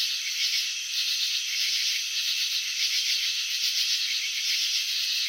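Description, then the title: Cricket: a high, rapid rattle of cricket chirping runs unbroken, with gentle swells in volume. Crickets chirping, filmed in slow motion; wing vibrations and antenna movements shown. "Crickets in Slow Motion 📷. Capturing the Elegance of Chirping"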